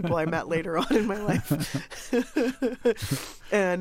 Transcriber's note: laughter